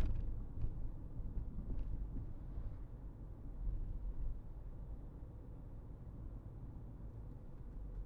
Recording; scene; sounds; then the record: everyday scene through a hearing-aid microphone; in a vehicle; engine, highway driving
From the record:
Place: Berlingo II, diesel engine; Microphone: behind the ear, right, rear